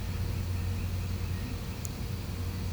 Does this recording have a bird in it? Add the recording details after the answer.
no. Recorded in pastures near Puerto Asís, Putumayo, Colombia, on 21 December 2024 at 10:00. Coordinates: 0.505, -76.324. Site G063